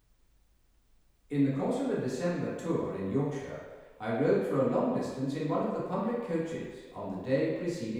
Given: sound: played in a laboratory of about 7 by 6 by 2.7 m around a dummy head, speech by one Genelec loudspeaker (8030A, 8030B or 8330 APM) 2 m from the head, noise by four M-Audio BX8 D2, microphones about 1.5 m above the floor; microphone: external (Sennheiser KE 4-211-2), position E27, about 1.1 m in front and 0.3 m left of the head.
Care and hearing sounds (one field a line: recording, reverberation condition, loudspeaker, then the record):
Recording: male speech in English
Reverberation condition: high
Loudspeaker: 90 degrees to the right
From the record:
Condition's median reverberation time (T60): about 1300 ms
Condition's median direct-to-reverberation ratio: about -4.0 dB